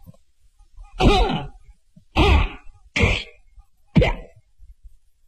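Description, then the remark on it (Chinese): A man's voice imitates the loud, full-chested cough and spitting of a prison overseer outside: four forceful, raspy bursts, roughly a second apart, with the last one sharper and shorter, each separated by near silence. “话刚说到这儿的功夫，就听外边有人咳嗽了一声，这声咳嗽听出来底气都特别足。”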